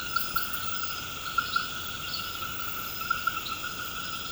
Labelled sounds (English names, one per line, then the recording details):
none
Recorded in pastures near Puerto Asís, Putumayo, Colombia, on 21 March 2025 at 21:00
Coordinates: 0.472, -76.329
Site G074